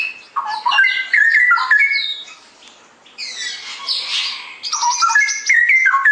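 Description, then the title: Straw-headed bulbul song: liquid whistled warbling at start and end, with a rough, noisy squawking burst in the middle. Masteran tutoring track for training caged birds; ropel gacor style, meaning rapid, continuous, energetic singing. "mster Mnuk. Masteran Burung CUCAK ROWO. Cucak Rowo Ropel Gacor"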